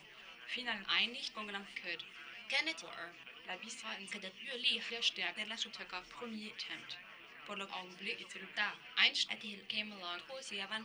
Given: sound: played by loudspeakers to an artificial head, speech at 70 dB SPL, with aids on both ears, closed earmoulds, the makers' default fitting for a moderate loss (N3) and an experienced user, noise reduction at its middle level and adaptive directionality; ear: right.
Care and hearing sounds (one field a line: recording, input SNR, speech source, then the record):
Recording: speech test signal (ISTS) in cocktail-party noise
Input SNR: +9 dB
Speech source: in front (0 degrees)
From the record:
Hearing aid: class 2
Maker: F